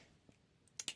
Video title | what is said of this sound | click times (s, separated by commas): Fabriquer une écurie Schleich - Episode 1 #diy #schleich #toys #tutorial | Donc là, j'ai bien clipsé. | 0.8 s, 0.9 s